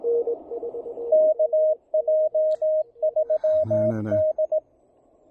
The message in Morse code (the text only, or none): KJ3D